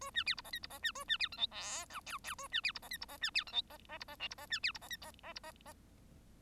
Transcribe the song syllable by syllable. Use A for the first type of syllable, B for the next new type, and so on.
A B C D E F D E B A B C G H I J K K A B C D E F D E B C G H E E D E L D E B C D E F E E D E E